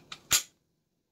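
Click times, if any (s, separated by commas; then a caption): 0.1 s, 0.3 s. A pistol is set into a CAA Micro Roni MCK conversion kit chassis, pushed down, then pushed forward until the locking pieces engage the pistol's accessory rail so it stays tight. A faint high click at 0.1 s is followed by a louder, sharper broadband click at 0.3 s, then silence. The pistol is seated and locked onto the rail.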